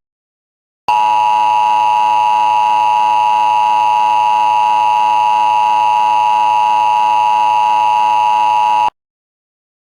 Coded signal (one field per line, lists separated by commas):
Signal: Emergency Alert System (SAME) tones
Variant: 853 and 960 Hz attention tone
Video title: EAS Scenario #11: Seismic Trouble